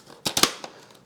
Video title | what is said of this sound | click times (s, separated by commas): AeroScout S 2 1.1m RTF with SAFE HBZ38000 Assembly (The Best First RC Airplane For Beginners ) | and this one should slide until you hear a click | 0.3 s